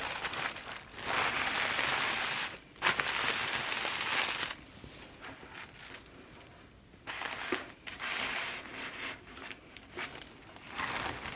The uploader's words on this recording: All The Paper Packaging Sounds. Today, I’ll help take care of checking out all your items, carefully inspecting them and then packaging them together, in some lovely crinkly paper and tissue paper.